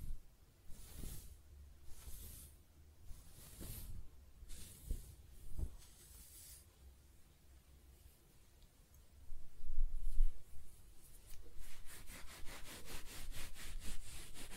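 Close-up hair being brushed and stroked, in slow, soft swishing strokes roughly every second or so for the first seven seconds. After a quiet pause and a low thump near ten seconds, faster, rapid scratching begins and continues to the end.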